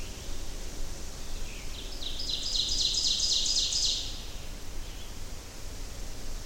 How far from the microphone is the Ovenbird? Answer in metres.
about 30 m